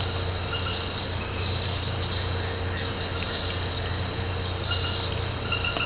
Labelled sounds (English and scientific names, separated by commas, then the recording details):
none
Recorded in pastures near Puerto Asís, Putumayo, Colombia, on 13 March 2025 at 23:00
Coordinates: 0.466, -76.322
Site CSA-02